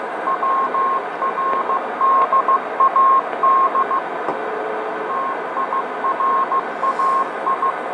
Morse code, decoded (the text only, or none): WRDAD TIRAI